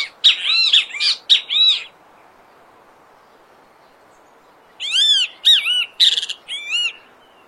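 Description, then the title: Great kiskadee song: two bursts of loud, harsh, arched notes and rattles, separated by about three seconds of near silence. Wild bird singing in nature in Brazil. "O CANTO DO BEM TE VI NA NATUREZA Aves Do Brasil"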